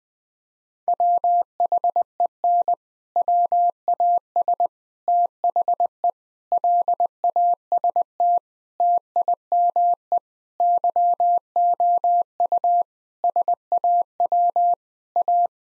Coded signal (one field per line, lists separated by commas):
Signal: Morse code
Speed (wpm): 20 wpm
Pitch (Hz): 700 Hz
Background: none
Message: WHEN WAS THE LAST TIME YOU SAW A